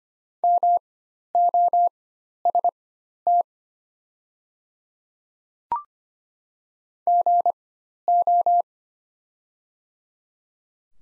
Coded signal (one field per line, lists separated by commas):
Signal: Morse code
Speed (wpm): 25 wpm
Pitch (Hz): 700 Hz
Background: none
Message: MOST GO